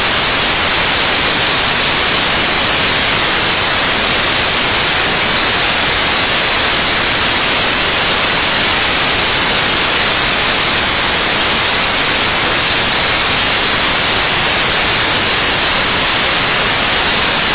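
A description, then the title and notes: White noise hisses steadily with no breaks, dense and even from start to finish. The sound is bright and airy, cut off above the upper middle range, with a thinner low end. Its level holds constant throughout this stretch, with no audible fading. White noise fades in for one hour and then fades out for one hour.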